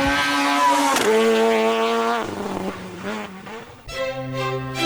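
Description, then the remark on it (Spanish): A rally car engine at the Rally Santander-Cantabria, a round of the Spanish Rally Championship in Spain, revs hard in repeated bursts, its pitch climbing and dropping between gear changes, loud and raspy throughout with no voices. “Rally Santander-Cantabria, calentando motores.”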